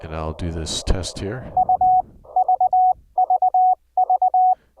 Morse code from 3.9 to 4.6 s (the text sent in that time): V